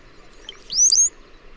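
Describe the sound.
Bird song: a quick high phrase of thin, slurred whistles that rise and fall, lasting under half a second, over a faint hum.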